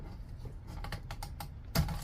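During a fuel pump replacement on a BMW X5 E70, a second plastic retaining clip is pressed into the fuel pump housing beside the first, with a few faint light ticks before it. It snaps into place at 1.8 s with a sharp click, and both clips are confirmed seated.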